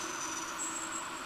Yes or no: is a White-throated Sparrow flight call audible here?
no